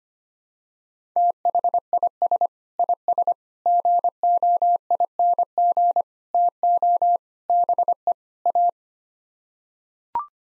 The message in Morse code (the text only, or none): THIS IS GOING TO BE A